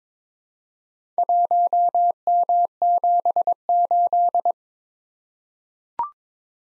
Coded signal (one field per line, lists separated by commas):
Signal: Morse code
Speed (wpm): 22 wpm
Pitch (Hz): 700 Hz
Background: none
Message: 1M78